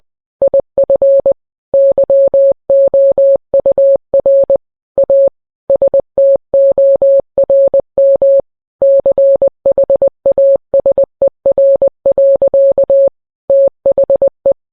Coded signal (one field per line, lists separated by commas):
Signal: Morse code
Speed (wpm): 20 wpm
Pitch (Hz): 550 Hz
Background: none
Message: IF YOUR A STORM CHASER. THE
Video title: EAS alert(read disc for context) morse code